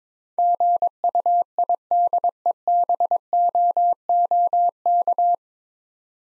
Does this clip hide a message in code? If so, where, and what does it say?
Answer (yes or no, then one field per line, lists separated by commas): yes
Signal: Morse code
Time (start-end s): 0.4-5.3 s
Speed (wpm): 22 wpm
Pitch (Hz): 700 Hz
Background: none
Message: GUIDEBOOK